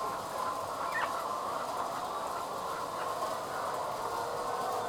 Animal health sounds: poultry house recording; healthy chickens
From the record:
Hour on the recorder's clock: 20

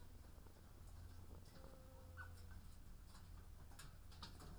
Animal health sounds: poultry house recording; sick chickens (respiratory disease)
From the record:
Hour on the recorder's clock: 14

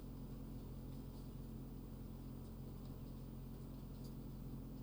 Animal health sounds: poultry house recording; no chicken sound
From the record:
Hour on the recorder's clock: 22

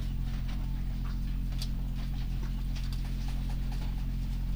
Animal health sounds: poultry house recording; sick chickens (respiratory disease)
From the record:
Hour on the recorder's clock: 3

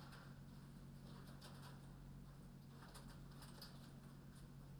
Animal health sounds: poultry house recording; no chicken sound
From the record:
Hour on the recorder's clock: 21

